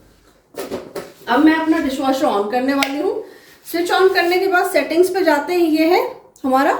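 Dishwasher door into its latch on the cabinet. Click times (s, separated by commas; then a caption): 1.0 s. After liquid and powder detergent are loaded, a dishwasher door is closed into its latch on the cabinet, giving a single sharp latch click at 1.0 s. The door latches shut, and someone then talks over the rest of the clip.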